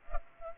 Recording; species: mosquito wingbeat signal from an infrared sensor; Culex pipiens